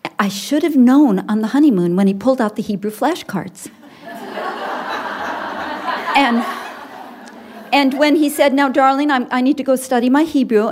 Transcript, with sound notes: I should have known on the honeymoon when he pulled out the Hebrew flashcards. (laughter) And when he said, “Now darling, I need to go study my Hebrew.